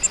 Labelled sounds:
Grace's Warbler (Setophaga graciae) flight call

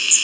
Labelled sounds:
Cerulean Warbler (Setophaga cerulea) flight call

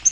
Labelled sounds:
Yellow-rumped Warbler (Setophaga coronata) flight call

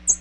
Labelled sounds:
American Redstart (Setophaga ruticilla) flight call

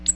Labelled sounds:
Ovenbird (Seiurus aurocapilla) flight call

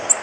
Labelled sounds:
Golden-cheeked Warbler (Setophaga chrysoparia) flight call

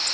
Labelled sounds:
Ovenbird (Seiurus aurocapilla) flight call

